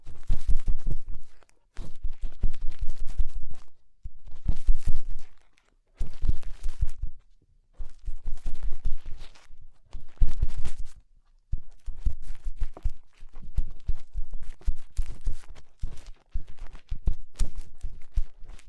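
Fingers rub and scrape in an ear, making bursts of low, muffled thumping and scratchy rustle. The bursts come in irregular runs of a second or two, broken by short silences every few seconds, with sharp crackles and clicks scattered throughout.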